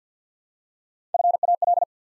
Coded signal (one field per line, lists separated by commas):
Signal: Morse code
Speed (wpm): 50 wpm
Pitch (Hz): 700 Hz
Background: none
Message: FAL